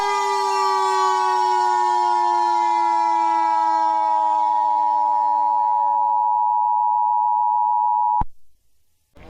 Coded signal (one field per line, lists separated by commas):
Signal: Emergency Alert System (SAME) tones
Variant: 853 and 960 Hz attention tone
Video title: EAS MOCK Hurricane Dexter whole MOCK